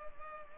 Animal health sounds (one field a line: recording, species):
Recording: mosquito wingbeat signal from an infrared sensor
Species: Culex pipiens